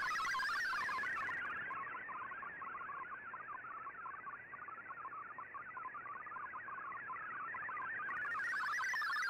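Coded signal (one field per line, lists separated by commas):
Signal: multi-tone FSK (Olivia or MFSK type)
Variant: MFSK32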